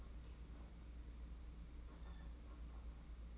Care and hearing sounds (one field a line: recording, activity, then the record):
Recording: daily activity, microphone in the room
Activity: open fridge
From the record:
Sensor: 1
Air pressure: 991.8 hPa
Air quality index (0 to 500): 205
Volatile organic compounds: 1000 ppm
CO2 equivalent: 7925 ppm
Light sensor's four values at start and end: 28/98/37/38 and 28/98/37/38